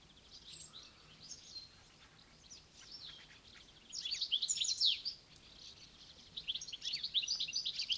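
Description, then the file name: European goldfinch song: rapid, tinkling high twitters that start quietly, swell into a loud liquid burst midway, then return as a fast jumbled run near the end. "Eestimaa Looduse Fond - Goldfinch"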